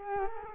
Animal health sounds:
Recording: mosquito wingbeat signal from an infrared sensor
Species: Culex quinquefasciatus

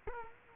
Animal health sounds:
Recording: mosquito wingbeat signal from an infrared sensor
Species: Culex quinquefasciatus

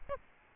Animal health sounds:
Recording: mosquito wingbeat signal from an infrared sensor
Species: Aedes albopictus

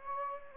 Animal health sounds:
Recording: mosquito wingbeat signal from an infrared sensor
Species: Anopheles gambiae

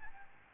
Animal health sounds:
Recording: mosquito wingbeat signal from an infrared sensor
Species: Aedes albopictus

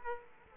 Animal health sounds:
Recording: mosquito wingbeat signal from an infrared sensor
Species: Aedes aegypti

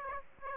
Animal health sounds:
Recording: mosquito wingbeat signal from an infrared sensor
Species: Aedes aegypti

